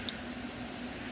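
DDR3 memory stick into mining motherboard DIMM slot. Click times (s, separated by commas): 0.1 s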